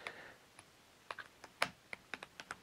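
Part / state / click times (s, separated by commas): battery pack into cordless power tool / seated / 1.6 s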